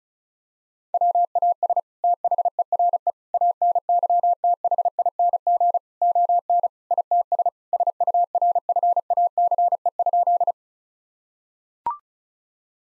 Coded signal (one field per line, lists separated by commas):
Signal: Morse code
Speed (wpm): 36 wpm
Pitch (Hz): 700 Hz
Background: none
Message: WAS THERE ANYTHING ON ITS SURFACE?